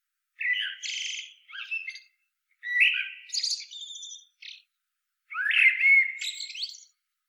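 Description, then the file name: Common blackbird giving scratchy, squeaky twittering notes in three bursts separated by pauses, with no other sounds. "Turdus merula"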